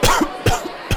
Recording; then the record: coughing mixed with background sound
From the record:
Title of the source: Coughing 51